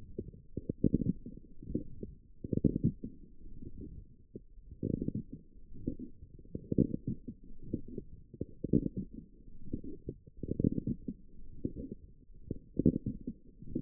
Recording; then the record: forearm muscle sounds (acoustic myography)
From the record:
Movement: forearm pronation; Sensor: system 1, eight BSWA MPA416 microphones around the upper forearm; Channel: 1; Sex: female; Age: 20 years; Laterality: right